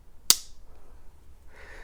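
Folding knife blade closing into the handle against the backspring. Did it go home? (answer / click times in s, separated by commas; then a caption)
yes / 0.3 s. The steel sheep's foot blade, 2 1/16 inches long with no tang markings, of a USA-made Queen stag-handled slip-joint stockman knife is closed into the handle. The backspring snaps the blade home with one loud, sharp snap at 0.3 s, followed by quiet low rumble and a faint hiss toward the end. The blade is seated shut.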